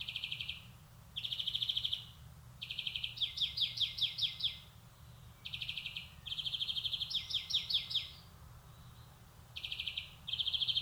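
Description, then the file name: European greenfinch song with steady rattling trills running into varied twittering phrases, with short pauses. "Chloris chloris"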